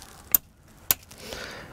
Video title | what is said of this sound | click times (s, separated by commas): Kingjoy A68 Tripod and T20 Ballhead review | automatically snaps in place every time you pass one of the settings | 0.3 s, 0.9 s